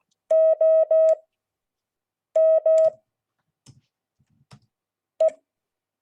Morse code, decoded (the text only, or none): OM E